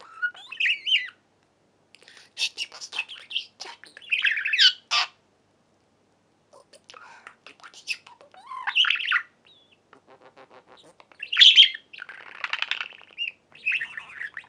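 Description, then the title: Budgerigar chatter in scratchy bursts of chirps and squawky notes, broken by short silent gaps. "Budgie Sounds"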